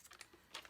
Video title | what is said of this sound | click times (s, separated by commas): Paper Trimmer Review | and it snaps right into place. | 0.6 s